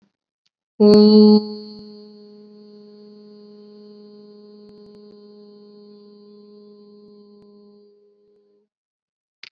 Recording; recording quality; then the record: sustained vowel as in boot; excellent, no background noise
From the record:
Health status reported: COVID-19 positive, mild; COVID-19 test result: positive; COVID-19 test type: rapid antigen test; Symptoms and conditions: cold, fever, diabetes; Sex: female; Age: 39 years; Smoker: no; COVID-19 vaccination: both doses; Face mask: worn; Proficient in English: yes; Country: India